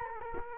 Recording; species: mosquito wingbeat signal from an infrared sensor; Culex quinquefasciatus